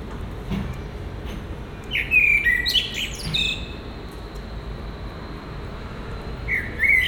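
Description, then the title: Common blackbird song: a fluted whistled phrase with a thin scratchy ending, then another phrase beginning near the end, over a soft low hum. Recorded at Résidence Sainte-Gertrude in the Marolles, Brussels, Belgium, with a Sony PCM-M10 and Luhd PM-01 binaural microphones. "Marolles, 1000 Bruxelles, Belgique - Résidence Sainte-Gertrude - Merle - Blackbird"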